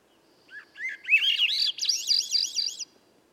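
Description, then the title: Swainson's thrush delivers an upward-spiralling song of flute-like notes, each segment higher than the last, closing with fast, warbling high notes. The background is otherwise quiet. At dusk by a campsite, 3 m up in a red alder ~9 m away at a cut clearing's edge among young western hemlock and redcedar; other birds silent; 15-minute performance; MixPre6, Pluggy microphone. "A Swainson's Thrush Gift"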